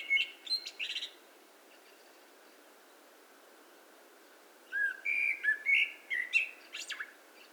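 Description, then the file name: Eurasian blackbird singing: high scratchy twittering, a long quiet gap, then a run of short fluted whistles ending in thin, squeaky high notes. "Turdus merula"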